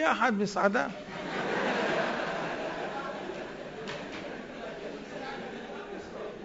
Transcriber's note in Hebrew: הקהל צוחק